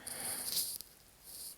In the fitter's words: To lock the tabletop in place, all you need to be able to do is just lift up and it locks in place.